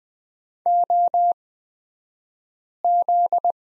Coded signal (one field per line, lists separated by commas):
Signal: Morse code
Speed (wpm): 20 wpm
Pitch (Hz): 700 Hz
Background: none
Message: OZ